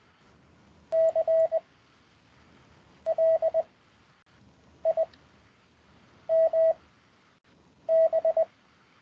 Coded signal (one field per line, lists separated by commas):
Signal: Morse code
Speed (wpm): 21 wpm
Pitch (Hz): 650 Hz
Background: none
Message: CLIMB